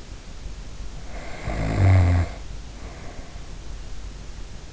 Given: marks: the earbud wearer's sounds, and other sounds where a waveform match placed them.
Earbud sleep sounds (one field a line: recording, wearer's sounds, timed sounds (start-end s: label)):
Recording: sounds in sleep by an in-ear microphone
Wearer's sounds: snoring breath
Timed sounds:
0.91-3.52 s: snoring breath